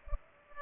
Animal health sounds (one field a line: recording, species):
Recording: mosquito wingbeat signal from an infrared sensor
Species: Culex pipiens